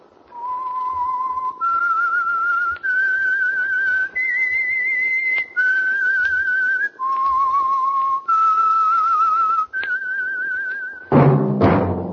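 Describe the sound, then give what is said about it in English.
The whistled theme tune of The Whistler, for the Signal Oil Program: about eight long, held notes with slight vibrato, stepping up and down in a slow, eerie melody, then cut off by a sudden loud burst of sound. “That whistle is your signal for the Signal Oil Program, The Whistler.”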